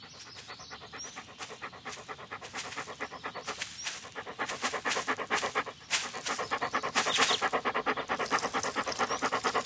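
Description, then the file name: Dog breathing in rapid rhythmic pants that grow louder toward the end, mixed with brushing, rustling noises from movement through grass. Dog panting while walking on grass and urinating. "sobaka hekaet hodit po trave mochitsya"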